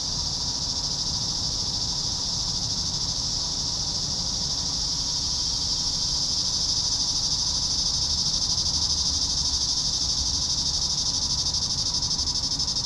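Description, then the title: Cicadas in a steady, high buzzing chorus that holds level without a break, with a faint low rumble underneath. "neoscenes: cicadas"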